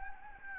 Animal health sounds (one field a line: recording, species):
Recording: mosquito wingbeat signal from an infrared sensor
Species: Anopheles gambiae